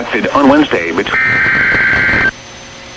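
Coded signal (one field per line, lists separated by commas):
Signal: Emergency Alert System (SAME) tones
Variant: header bursts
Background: speech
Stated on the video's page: Two NWR Severe Thunderstorm Warnings relayed by NOAA Weather Radio station, recorded from an online live stream of the station.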